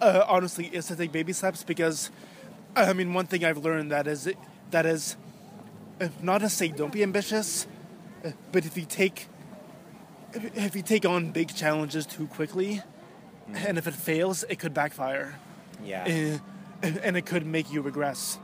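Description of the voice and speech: Adult male speaker who stutters, his stuttering a lot worse than usual over the past month. His speech has silent pauses between phrases and a repeated phrase.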